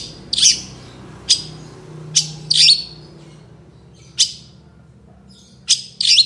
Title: Cendet Gacor Dor Di Kala Pagi Toet Toet Variasi Suara